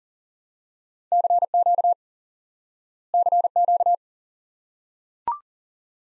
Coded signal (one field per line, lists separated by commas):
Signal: Morse code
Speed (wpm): 40 wpm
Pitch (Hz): 700 Hz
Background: none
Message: CQ CQ